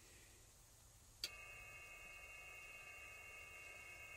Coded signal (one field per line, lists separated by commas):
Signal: PSK31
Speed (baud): 31.25 baud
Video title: Versuche QRP Verbindungen im 15 m Band in PSK31 aus dem Bully T4 mit 4 Watt [ [DL4DP und DO7DP]